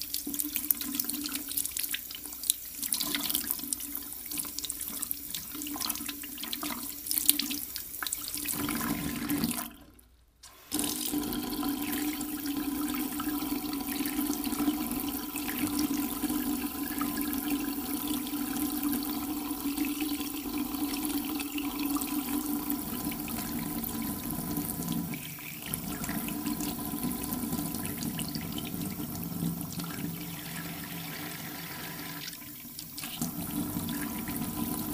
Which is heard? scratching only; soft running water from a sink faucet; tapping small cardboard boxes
soft running water from a sink faucet